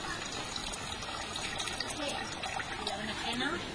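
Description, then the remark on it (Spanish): Steady running, splashing water churns continuously for a few seconds, a broad hissing wash with small bubbling and sloshing variations, as extracted vegetable seeds are given their third rinse in a container. “Bueno, este es el tercer aclarado ya que le damos y ya si veis por ahí, no sé si lo veis.”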